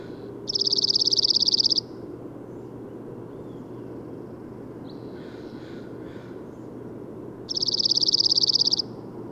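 Bird song: a quick, buzzy high trill lasting over a second, repeated once several seconds later, with faint softer notes in between and low background noise.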